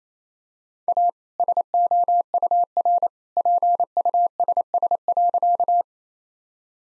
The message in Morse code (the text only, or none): A SOUR PUSS.